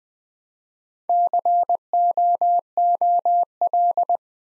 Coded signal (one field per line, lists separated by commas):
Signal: Morse code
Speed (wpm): 20 wpm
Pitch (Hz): 700 Hz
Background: none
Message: COOL